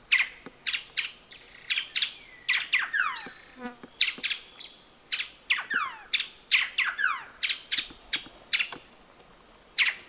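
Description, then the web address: Coraya wren pair calling with rapid, sharp descending notes and chattering bursts, repeated irregularly throughout, over a steady high insect drone. A pair calling, plus song; eastern lowlands of South America. "Nature Songs S America Eastern Lowlands Pheugopedius coraya, calls pair and song"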